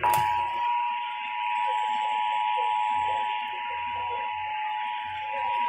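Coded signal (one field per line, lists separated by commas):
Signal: Emergency Alert System (SAME) tones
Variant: 853 and 960 Hz attention tone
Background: speech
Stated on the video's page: Severe thunderstorm warning EAS alerts issued by the Missoula and Great Falls offices.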